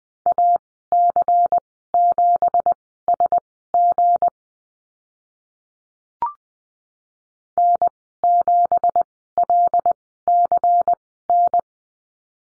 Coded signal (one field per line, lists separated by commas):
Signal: Morse code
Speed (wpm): 20 wpm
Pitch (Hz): 700 Hz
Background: none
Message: AC7SG N7LCN